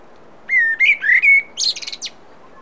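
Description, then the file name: Common blackbird song: a smooth run of clear whistled notes, followed by a fast, thin, high-pitched chattering flourish. "Turdus merula"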